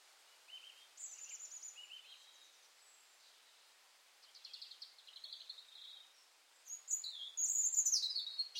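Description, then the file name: European robin song: three high phrases of thin, tinkling notes separated by pauses, the last one louder and brighter. "Erithacus rubecula"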